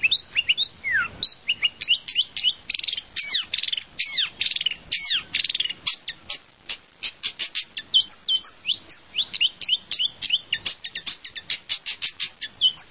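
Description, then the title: Long-tailed shrike song: a rapid, varied run of harsh chattering notes and short whistled slurs, sustained almost without pause throughout. "Kicau Burung Pentet"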